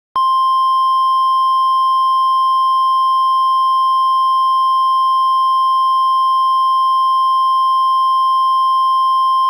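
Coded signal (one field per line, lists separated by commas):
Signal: Emergency Alert System (SAME) tones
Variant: 1050 Hz attention tone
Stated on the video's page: Fictional mini EAS scenario about an anomaly in San Francisco.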